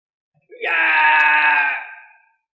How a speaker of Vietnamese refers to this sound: Gã kêu thảm thiết, làm cho một vị cao thủ hoàng đạo hét thảm như vậy, có thể nghĩ mà biết gã phải chịu đựng thống khổ tới mức nào.